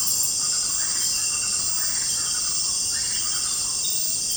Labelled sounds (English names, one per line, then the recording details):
none
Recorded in pastures near Puerto Asís, Putumayo, Colombia, on 21 December 2024 at 18:30
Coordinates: 0.466, -76.322
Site G040